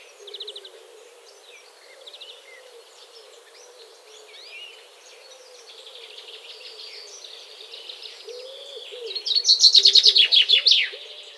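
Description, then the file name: Common chaffinch song: scattered soft high notes and twitters build gradually, ending in a loud, rapid, buzzy rattling trill near the close. "Fringilla coelebs"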